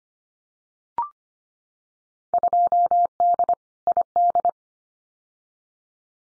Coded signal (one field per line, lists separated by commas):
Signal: Morse code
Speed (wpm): 25 wpm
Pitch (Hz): 700 Hz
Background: none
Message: 2D ID